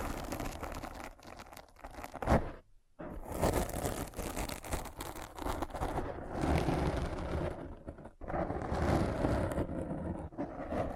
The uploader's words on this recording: ASMR Thorough Brain Scratch to Make You Sleepy (No Talking).